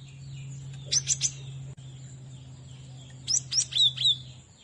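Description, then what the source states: Cinereous tit song: two short clusters of high, thin chirping notes over a steady low hum. Used as a training song for cage birds.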